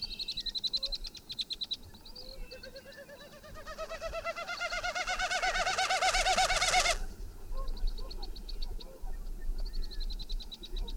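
Bird song: a long run of rapid wavering notes rising in pitch, loud for several seconds, with quieter buzzy trills and chirps before and after.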